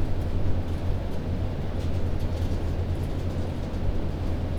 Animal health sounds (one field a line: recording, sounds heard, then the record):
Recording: poultry house recording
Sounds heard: no chicken sound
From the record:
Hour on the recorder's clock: 21